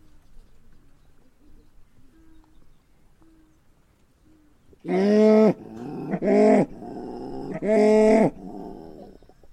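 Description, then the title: Cow mooing: after a quiet start, three loud, rich moos follow in quick succession over a few seconds. In a pasture. "Cow Chorale: Singing Secrets of the Pasture"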